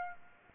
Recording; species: mosquito wingbeat signal from an infrared sensor; Aedes aegypti